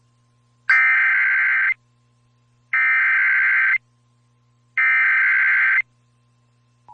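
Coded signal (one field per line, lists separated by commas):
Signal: Emergency Alert System (SAME) tones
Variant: header bursts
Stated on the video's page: Severe thunderstorm and tornado warnings aired on Illinois and Indiana radio stations, captured from live online radio streams.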